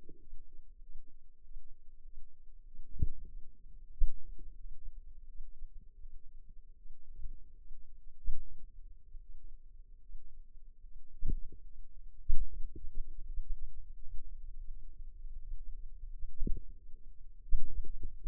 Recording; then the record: forearm muscle sounds (acoustic myography)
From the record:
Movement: finger pinch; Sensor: system 2, bracelet of six BSWA MPA416 microphones around the upper forearm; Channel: 1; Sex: female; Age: 23 years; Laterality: right